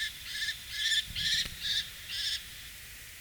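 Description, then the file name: Common Kestrel calling with five sharp, grating notes in quick succession, roughly two per second, then stopping, with a brief click midway. "cyougenbou"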